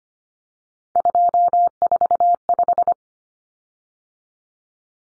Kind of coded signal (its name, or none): Morse code